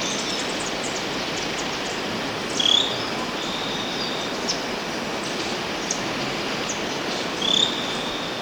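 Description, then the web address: Scale-crested pygmy-tyrant giving two short, sharp rising notes about five seconds apart, over a steady hiss. Recorded in Ecuador. "Birds of Ecuador 3. Scale-Crested Pygmy-Tyrant"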